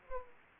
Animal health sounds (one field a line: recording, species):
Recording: mosquito wingbeat signal from an infrared sensor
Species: Aedes aegypti